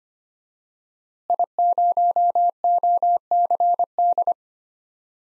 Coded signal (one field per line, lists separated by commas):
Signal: Morse code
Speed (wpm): 25 wpm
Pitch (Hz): 700 Hz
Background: none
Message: I0OCD